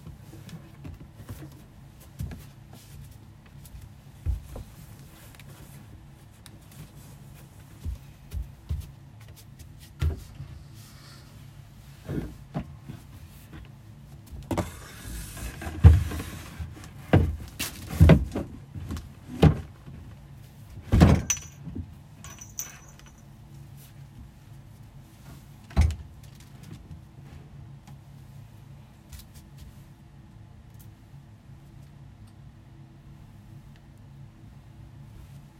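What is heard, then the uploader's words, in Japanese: Clothes are folded and stacked away, heard as soft rustles and muffled thumps over a low, steady hum. Handling is sparse at first, grows busier with bursts of crisp fabric sounds around the middle, then tapers to a single thump and quiet. 掃除と片付け。洋服をたたむ、重ねてしまう。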